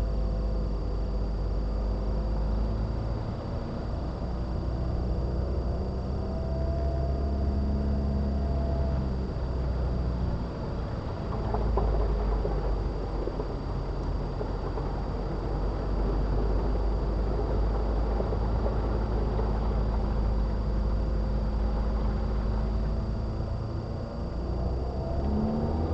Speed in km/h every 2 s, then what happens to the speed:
15, 16, 18, 18, 15, 13, 13, 13, 15, 15, 15, 18, 23.
0-21 steady at about 15. 21-26 speeds up to 23.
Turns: none.